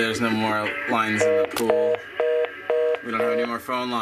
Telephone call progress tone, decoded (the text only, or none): reorder tone